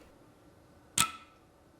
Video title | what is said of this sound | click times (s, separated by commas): Threading & Bobbins for Cobra Class 26 - EPISODE 35 | pull the thread in between the second set of discs and you should hear a click | 1.0 s